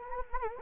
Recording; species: mosquito wingbeat signal from an infrared sensor; Anopheles arabiensis